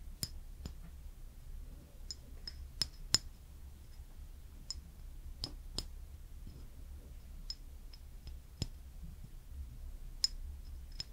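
Unhurried makeup sounds: sharp, bright clicks and taps, like compacts and cases opening and closing, land every second or so at an uneven pace, some in quick pairs. A soft low hum sits steadily underneath.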